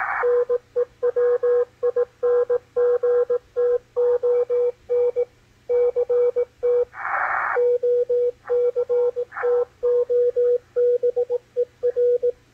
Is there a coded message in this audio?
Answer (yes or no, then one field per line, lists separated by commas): yes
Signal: Morse code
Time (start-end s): 0.2-12.3 s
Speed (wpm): 18 wpm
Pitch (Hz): 490 Hz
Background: radio noise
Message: NEWINGTON CT OCTOBER